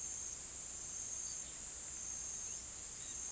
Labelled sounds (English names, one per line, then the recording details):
none
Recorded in pastures near Puerto Asís, Putumayo, Colombia, on 25 June 2025 at 17:00
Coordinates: 0.487, -76.322
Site H26